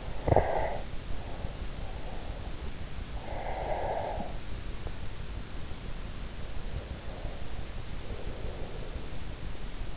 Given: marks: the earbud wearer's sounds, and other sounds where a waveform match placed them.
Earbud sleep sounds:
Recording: sounds in sleep by an in-ear microphone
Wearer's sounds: breath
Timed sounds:
0.00-0.97 s: breath
3.11-4.94 s: breath
7.92-9.33 s: breath

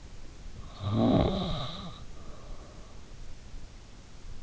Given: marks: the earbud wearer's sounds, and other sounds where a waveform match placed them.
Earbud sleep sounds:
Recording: sounds in sleep by an in-ear microphone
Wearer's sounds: snoring breath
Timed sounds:
0.74-3.07 s: snoring breath

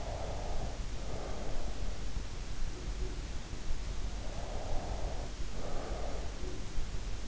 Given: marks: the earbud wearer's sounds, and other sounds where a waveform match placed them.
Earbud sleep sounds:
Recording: sounds in sleep by an in-ear microphone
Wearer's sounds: breath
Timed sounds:
0.00-1.72 s: breath
4.25-6.40 s: breath

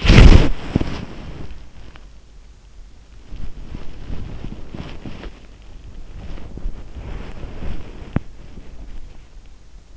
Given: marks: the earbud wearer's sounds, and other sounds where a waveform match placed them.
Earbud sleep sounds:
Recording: sounds in sleep by an in-ear microphone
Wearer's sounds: body movement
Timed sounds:
0.00-1.65 s: body movement
3.24-5.43 s: body movement
6.04-8.98 s: body movement

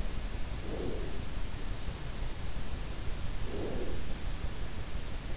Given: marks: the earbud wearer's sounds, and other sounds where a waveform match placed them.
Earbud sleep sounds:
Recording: sounds in sleep by an in-ear microphone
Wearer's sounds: breath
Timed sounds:
0.24-1.60 s: breath
3.10-4.35 s: breath

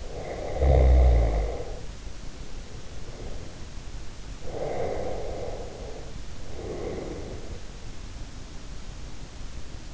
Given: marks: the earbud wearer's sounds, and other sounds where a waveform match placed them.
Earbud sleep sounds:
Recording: sounds in sleep by an in-ear microphone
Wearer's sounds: snoring breath, breath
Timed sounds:
0.00-4.12 s: snoring breath
4.34-8.05 s: breath

